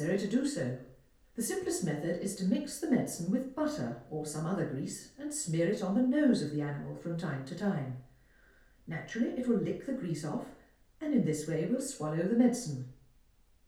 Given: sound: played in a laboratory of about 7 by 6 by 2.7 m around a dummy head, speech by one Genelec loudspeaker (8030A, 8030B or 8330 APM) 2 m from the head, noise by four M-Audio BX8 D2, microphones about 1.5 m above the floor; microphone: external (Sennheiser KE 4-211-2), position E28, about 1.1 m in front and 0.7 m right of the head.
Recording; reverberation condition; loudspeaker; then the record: female speech in English; medium; 150 degrees to the right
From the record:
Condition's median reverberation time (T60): about 510 ms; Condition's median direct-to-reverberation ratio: about -0.5 dB